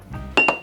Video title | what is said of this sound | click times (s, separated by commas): Part 2 - Fixing Really Loud RZR Transmission Whine - Replacing the internals! | that's the absolute limit of these goofy pliers oh but I got it that snapped right in perfect | 0.4 s